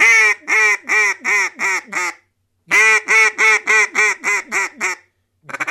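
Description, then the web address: Mallard giving two loud series of rasping, nasal quacks, roughly six to eight per run, and the start of a third. "anatra germano reale quack"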